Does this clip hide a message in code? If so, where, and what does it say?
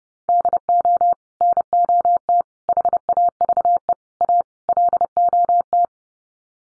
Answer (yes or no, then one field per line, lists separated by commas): yes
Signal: Morse code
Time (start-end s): 0.3-5.8 s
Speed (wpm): 30 wpm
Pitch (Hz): 700 Hz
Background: none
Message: DO NOT HAVE A LOT